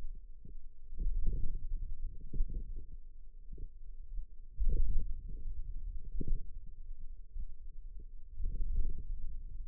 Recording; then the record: forearm muscle sounds (acoustic myography)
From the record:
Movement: ulnar deviation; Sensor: system 2, bracelet of six BSWA MPA416 microphones around the upper forearm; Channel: 4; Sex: female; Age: 21 years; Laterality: right